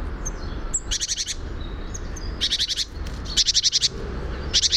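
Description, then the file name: Great tit scolding with rapid rattled note bursts, four short runs, with a few high thin chips and low rumbling noise. "Parus major"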